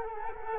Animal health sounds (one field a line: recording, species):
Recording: mosquito wingbeat signal from an infrared sensor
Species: Culex quinquefasciatus